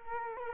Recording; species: mosquito wingbeat signal from an infrared sensor; Culex quinquefasciatus